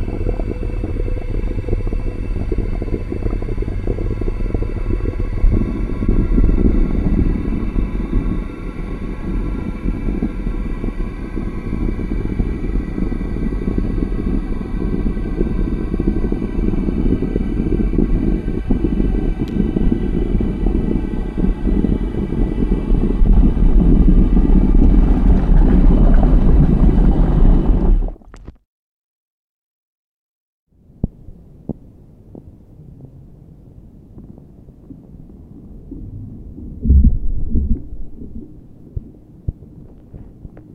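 A radiophonic piece built from melting snow sounds opens with a dense, steady low rumble under faint sustained tones, swelling louder near 25 seconds. It cuts abruptly to silence at 28 seconds, then resumes as a quieter murmuring rumble with a brief surge around 37 seconds.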